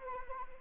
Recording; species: mosquito wingbeat signal from an infrared sensor; Anopheles arabiensis